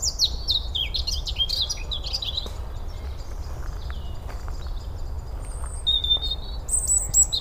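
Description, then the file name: European robin producing a fast cascade of high, jangling notes at the start, then sparse thin whistles toward the end, over low steady rumble. "Erithacus rubecula"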